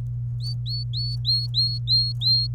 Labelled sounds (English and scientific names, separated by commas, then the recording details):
Domestic Canary (Serinus canaria) song
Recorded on 27 April 2018 at 09:34
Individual llb3